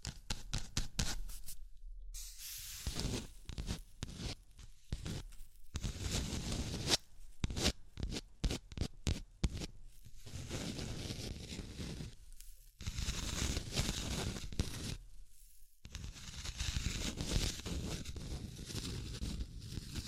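Tapping, scratching and tracing sounds come in bursts of quick, sharp taps from the start to about 10 seconds, with brief silences between clusters. Longer rough scratching and rubbing strokes follow, bright and raspy, filling most of the second half in sweeping passes.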